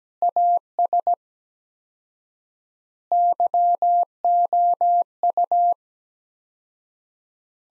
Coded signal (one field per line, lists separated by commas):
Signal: Morse code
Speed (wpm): 17 wpm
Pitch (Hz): 700 Hz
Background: none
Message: AS YOU